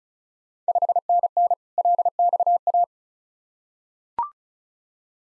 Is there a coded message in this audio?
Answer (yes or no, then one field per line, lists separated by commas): yes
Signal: Morse code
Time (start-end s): 0.7-2.8 s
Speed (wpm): 36 wpm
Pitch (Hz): 700 Hz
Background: none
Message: 5NN LXA